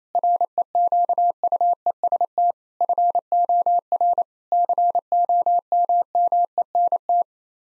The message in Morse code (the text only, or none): REQUEST FOR COMMENT